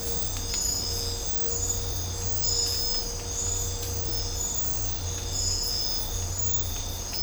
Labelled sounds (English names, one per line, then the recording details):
none
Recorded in dense forest near Puerto Asís, Putumayo, Colombia, on 26 December 2024 at 05:30
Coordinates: 0.503, -76.323
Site G043